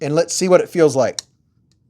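A folding pocket knife with a plunge lock is being handled while someone talks, followed by a faint short tick near 1.2 seconds and then near silence. The blade's plunge lock has not yet clicked into place by the end of the clip.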